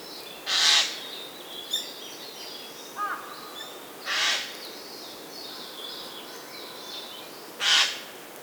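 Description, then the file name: Eurasian jay gives three loud, harsh, tearing screeches spaced several seconds apart, with a few faint short notes in between. "Garrulus glandarius"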